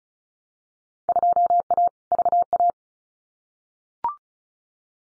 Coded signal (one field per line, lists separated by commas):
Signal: Morse code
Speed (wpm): 34 wpm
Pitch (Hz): 700 Hz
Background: none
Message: 2A VA